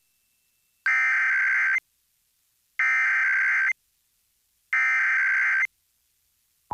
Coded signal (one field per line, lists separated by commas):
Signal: Emergency Alert System (SAME) tones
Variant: header bursts